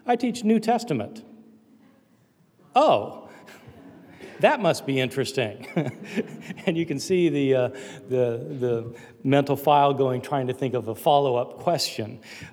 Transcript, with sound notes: “I teach New Testament.” “Oh,” that must be interesting. (laughter) And you can see the, uh, the, the mental file going, trying to think of a follow-up question.